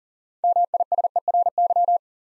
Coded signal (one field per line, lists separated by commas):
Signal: Morse code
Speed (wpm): 40 wpm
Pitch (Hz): 700 Hz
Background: none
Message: MISERY